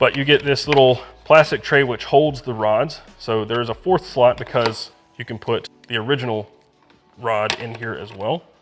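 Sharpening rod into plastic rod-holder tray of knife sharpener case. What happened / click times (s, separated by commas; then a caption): Handled, not yet home: no seating snap is heard / none. Someone talks while handling a sharpening rod and the small plastic tray that holds the rods in a knife sharpener's storage case, which has a fourth slot for the original rod. Only speech is heard, with no click or snap. Nothing has seated or clicked yet.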